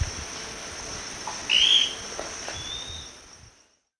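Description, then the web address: Scale-crested pygmy-tyrant uttering one quick upward-slurred note, then a faint thin whistle, with light natural background noise fading out at the end. Recorded in Ecuador. "Birds of Ecuador 3 Scale-Crested Pygmy-Tyrant"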